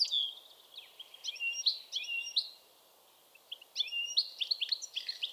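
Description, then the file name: European goldfinch twittering: bright, sliding chirps in two bursts separated by a brief pause, over faint steady background noise. "Carduelis carduelis"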